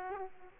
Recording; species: mosquito wingbeat signal from an infrared sensor; Aedes aegypti